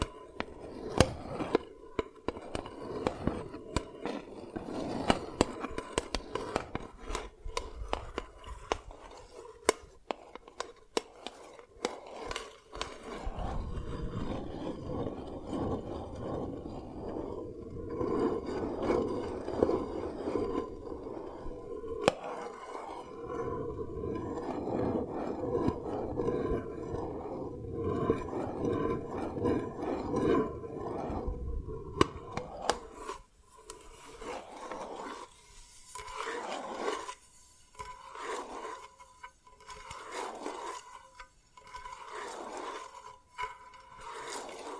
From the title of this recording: Dalgona Candy Challenge Tapping, Cracking Triggers